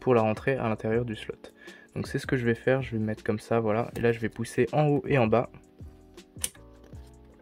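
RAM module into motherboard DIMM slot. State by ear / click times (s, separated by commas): seated / 6.4 s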